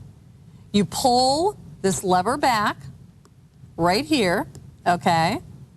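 Someone talks while fitting a pink interchangeable watch strap: the quick-release spring-bar pin is placed in the watch case lug hole and the release lever is pulled back. A faint, brief tick comes at about 3.3 s between phrases. The spring bar has not yet seated or clicked into the lug.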